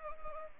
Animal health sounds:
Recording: mosquito wingbeat signal from an infrared sensor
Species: Anopheles arabiensis

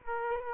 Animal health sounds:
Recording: mosquito wingbeat signal from an infrared sensor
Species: Culex quinquefasciatus

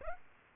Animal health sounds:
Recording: mosquito wingbeat signal from an infrared sensor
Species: Aedes aegypti

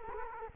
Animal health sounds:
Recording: mosquito wingbeat signal from an infrared sensor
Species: Culex quinquefasciatus

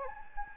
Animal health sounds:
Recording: mosquito wingbeat signal from an infrared sensor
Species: Anopheles gambiae

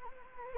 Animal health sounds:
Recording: mosquito wingbeat signal from an infrared sensor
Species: Anopheles gambiae

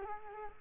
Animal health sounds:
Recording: mosquito wingbeat signal from an infrared sensor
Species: Culex quinquefasciatus

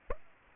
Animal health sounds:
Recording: mosquito wingbeat signal from an infrared sensor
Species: Aedes aegypti

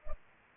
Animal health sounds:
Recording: mosquito wingbeat signal from an infrared sensor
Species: Culex pipiens

